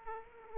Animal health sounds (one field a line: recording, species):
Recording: mosquito wingbeat signal from an infrared sensor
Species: Aedes aegypti